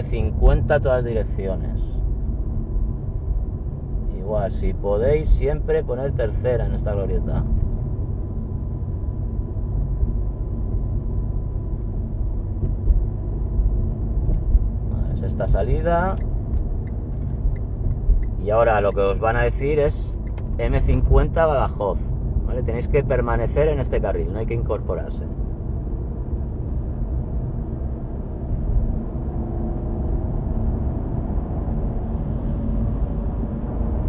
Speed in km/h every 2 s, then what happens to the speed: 39, 42, 39, 40, 40, 39, 40, 40, 41, 41, 39, 41, 43, 48, 51, 56, 60.
0-21 steady at about 40. 21-34 speeds up to 60.